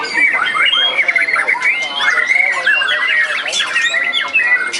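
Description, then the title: White-rumped shama song: a dense, unbroken stream of rapid whistled slurs and harsh squawky notes, rising and falling quickly, with no pauses. "murai batu"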